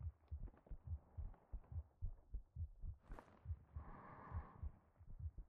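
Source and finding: Heartbeat, close-miked. Heartbeat.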